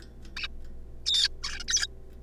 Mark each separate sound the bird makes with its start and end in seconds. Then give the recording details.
0.37-0.47, 1.06-1.28, 1.43-1.59, 1.60-1.64, 1.68-1.87. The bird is a juvenile. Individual R3549